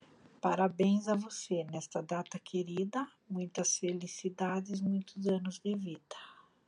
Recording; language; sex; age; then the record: short text; Brazilian Portuguese; female; 50 to 59 years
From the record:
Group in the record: control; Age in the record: 53 years